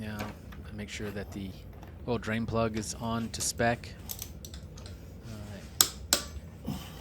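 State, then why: Torque reached. Someone talks while the oil drain plug in the engine case of a Yamaha XT225 motorcycle is tightened to spec with a click-type torque wrench. The wrench breaks over with a sharp click at 5.8 s, followed by another sharp snap at about 6.1 s. The plug is torqued properly and not over-torqued, which avoids stripping the case.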